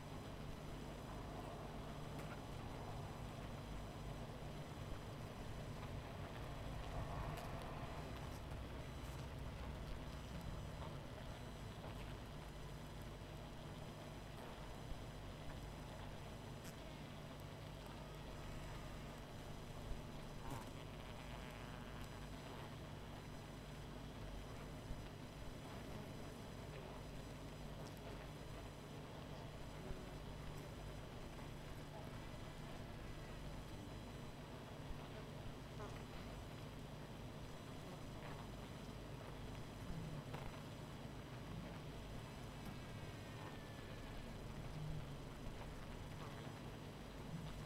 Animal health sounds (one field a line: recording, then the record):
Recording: honeybee colony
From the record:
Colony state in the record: missing queen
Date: 14 July 2017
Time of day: 20:48